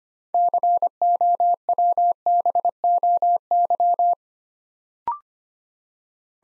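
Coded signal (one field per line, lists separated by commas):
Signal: Morse code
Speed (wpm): 25 wpm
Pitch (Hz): 700 Hz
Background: none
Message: COWBOY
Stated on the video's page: Morse practice at 25 wpm building six-letter words two letters at a time, for instant character recognition training.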